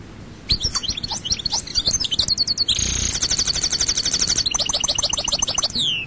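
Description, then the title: European goldfinch song: a fast tumbling run of bright twittering notes, then rapid buzzy trills and sweeping descending whistles, continuous for about five seconds. "Chant Chardonneret"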